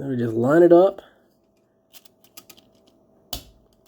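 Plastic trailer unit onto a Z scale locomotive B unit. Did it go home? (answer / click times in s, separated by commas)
yes / 3.3 s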